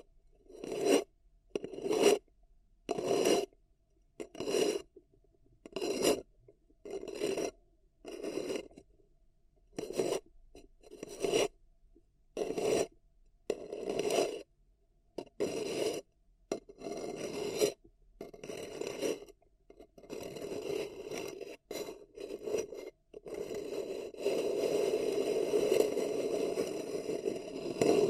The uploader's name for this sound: Paper Cup Tingles